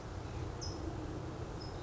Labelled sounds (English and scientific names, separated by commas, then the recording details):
California Towhee (Melozone crissalis)
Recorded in Sonoma County, California